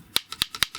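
The shorter plastic tab of the second hinge pin is pressed into the shallow hole on a GHD 3.1 hair straightener hinge, pushed in towards the irons and down at the same time. A quick run of sharp plastic clicks is heard, the loudest at 0.2 s and 0.6 s with softer ones in between. The tab snaps home and the hinge pin is seated.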